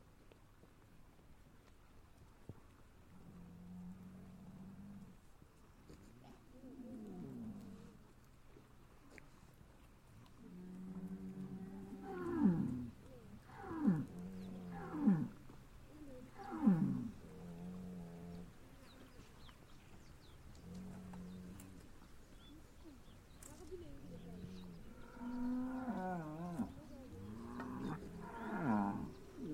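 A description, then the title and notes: Cows moo repeatedly over thirty seconds, low drawn-out calls with rising and falling pitch. The loudest moos come in a cluster between about 12 and 17 seconds, with more calls near the end and a faint low hum underneath throughout. Cow mooing.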